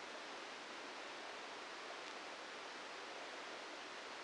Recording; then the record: brain microelectrode recording played as sound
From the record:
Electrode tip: inside the subthalamic nucleus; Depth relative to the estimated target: 2 mm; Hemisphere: left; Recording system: NeuroSet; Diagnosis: Parkinson's disease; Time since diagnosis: 14 years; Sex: male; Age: 51 years